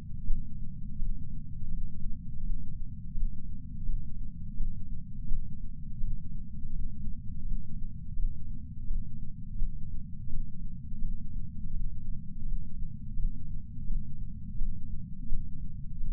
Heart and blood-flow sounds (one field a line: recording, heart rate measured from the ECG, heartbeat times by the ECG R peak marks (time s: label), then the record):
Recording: heart sounds by patch sensor on the chest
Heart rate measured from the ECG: 84 bpm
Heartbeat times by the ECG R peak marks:
0.25 s: heartbeat
0.96 s: heartbeat
1.68 s: heartbeat
2.40 s: heartbeat
3.12 s: heartbeat
3.83 s: heartbeat
4.55 s: heartbeat
5.26 s: heartbeat
5.98 s: heartbeat
6.70 s: heartbeat
7.42 s: heartbeat
8.14 s: heartbeat
8.85 s: heartbeat
9.56 s: heartbeat
10.28 s: heartbeat
10.99 s: heartbeat
11.71 s: heartbeat
12.42 s: heartbeat
13.14 s: heartbeat
13.85 s: heartbeat
14.56 s: heartbeat
15.27 s: heartbeat
15.98 s: heartbeat
From the record:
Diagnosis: coronary artery disease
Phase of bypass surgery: postoperative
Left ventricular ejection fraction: 68.7%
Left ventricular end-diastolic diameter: 42 mm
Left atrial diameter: 41 mm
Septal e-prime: 3.9 cm/s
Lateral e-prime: 4.9 cm/s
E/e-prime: 19.8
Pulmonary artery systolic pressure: 30 mmHg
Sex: female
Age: 73 years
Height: 160 cm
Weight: 70 kg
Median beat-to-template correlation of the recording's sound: 0.85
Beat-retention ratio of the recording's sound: 0.98